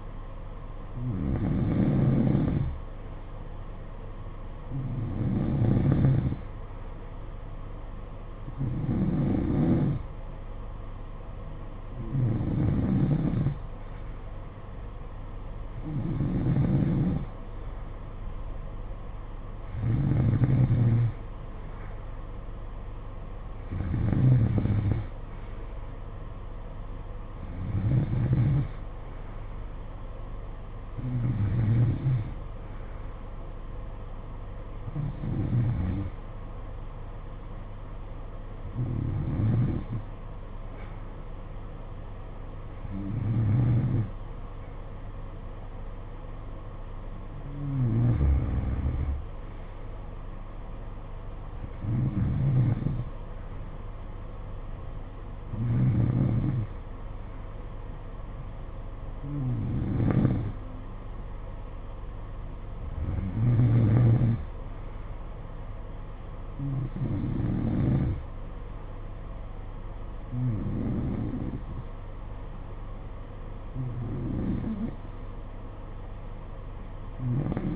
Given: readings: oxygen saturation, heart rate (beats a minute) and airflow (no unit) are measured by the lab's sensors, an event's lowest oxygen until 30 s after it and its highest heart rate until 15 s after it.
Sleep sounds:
breathing in sleep by a smartphone at the bedside; none
52.00-77.76 s: new sleep stage, N2 (light sleep)
From the record:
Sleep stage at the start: N3 (deep sleep); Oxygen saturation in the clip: 91 to 93%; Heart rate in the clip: 55 to 61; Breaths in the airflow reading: 20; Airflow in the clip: -10.5 to 7.8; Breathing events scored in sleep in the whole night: 476 in 9.7 hours asleep

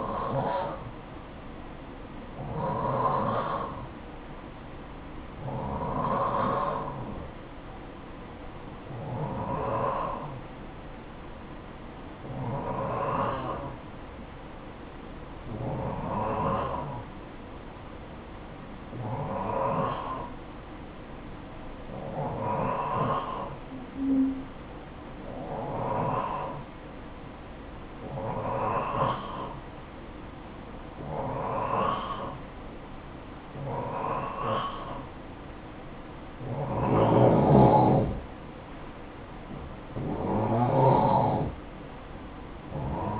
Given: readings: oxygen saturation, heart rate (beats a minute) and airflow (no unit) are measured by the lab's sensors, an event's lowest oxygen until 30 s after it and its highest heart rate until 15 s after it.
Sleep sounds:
breathing in sleep by a voice recorder at the bedside; 1
4.00-37.60 s: hypopnea (N1, oxygen 92% highest, then 89% lowest, heart rate 55 at the start, 64 highest)
From the record:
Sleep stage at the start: N1 (lightest sleep); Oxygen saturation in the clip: 90 to 92%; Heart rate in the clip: 54 to 64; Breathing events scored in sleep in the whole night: 573 in 9.8 hours asleep

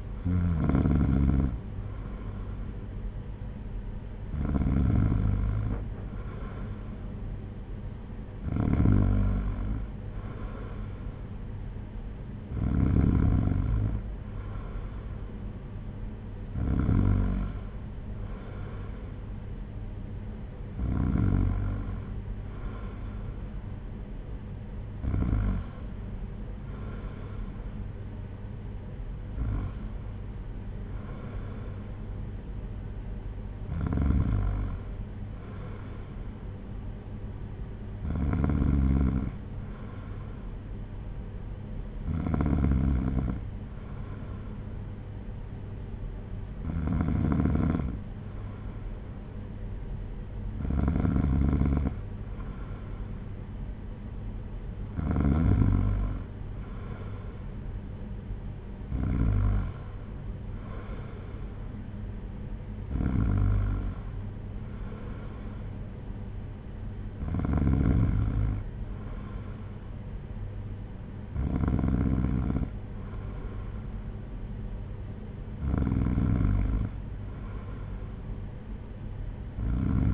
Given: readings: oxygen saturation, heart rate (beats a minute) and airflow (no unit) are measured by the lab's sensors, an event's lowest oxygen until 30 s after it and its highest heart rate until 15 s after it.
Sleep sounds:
breathing in sleep by a smartphone at the bedside; none
none scored
From the record:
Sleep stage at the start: N2 (light sleep); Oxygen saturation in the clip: 93 to 94%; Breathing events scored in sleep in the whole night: 226 in 8.8 hours asleep

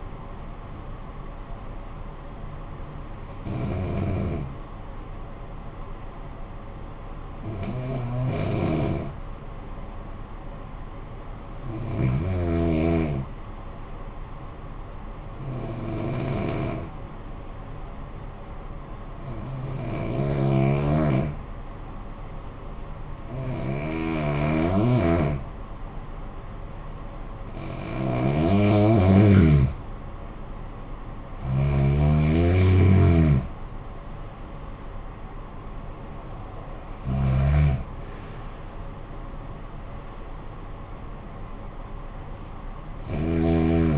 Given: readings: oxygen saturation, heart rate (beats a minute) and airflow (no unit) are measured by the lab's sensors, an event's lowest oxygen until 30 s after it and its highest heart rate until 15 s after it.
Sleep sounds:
breathing in sleep by a smartphone at the bedside; 1
5.00-28.20 s: hypopnea (N1, oxygen 95% highest, then 86% lowest, heart rate 57 at the start, 64 highest)
From the record:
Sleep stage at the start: N1 (lightest sleep); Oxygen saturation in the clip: 86 to 95%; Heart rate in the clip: 53 to 64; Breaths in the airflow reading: 9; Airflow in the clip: -19.3 to 13.1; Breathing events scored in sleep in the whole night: 445 in 7.6 hours asleep

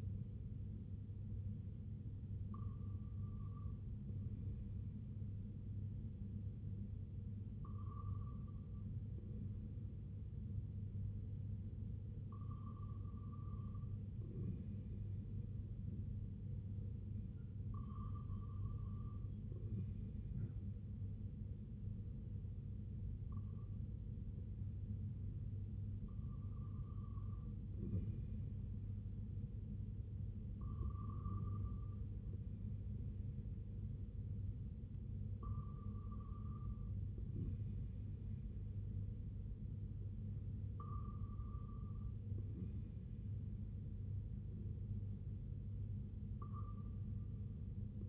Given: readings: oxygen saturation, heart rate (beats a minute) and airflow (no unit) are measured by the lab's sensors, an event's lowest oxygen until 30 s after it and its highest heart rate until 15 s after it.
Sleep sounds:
breathing in sleep by a smartphone at the bedside; 1
20.00-34.10 s: hypopnea (REM, oxygen 97% highest, then 94% lowest, heart rate 60 at the start, 71 highest)
From the record:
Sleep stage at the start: REM sleep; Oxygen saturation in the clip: 94 to 97%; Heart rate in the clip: 57 to 71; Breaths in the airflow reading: 9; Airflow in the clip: -5.4 to 3.4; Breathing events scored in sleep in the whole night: 258 in 7.4 hours asleep

